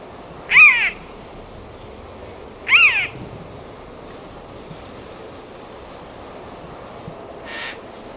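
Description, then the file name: Eurasian jay calling twice, harsh grating screeches about two seconds apart, followed later by a faint noisy burst. "Garrulus glandarius"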